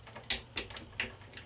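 A crimped metal contact pin on a solar cable is shoved into the back of a plastic MC4 connector housing. A sharp click at 0.3 s marks the pin locking in place, followed by two fainter ticks at 0.6 s and 1.0 s. The pin is seated in the housing.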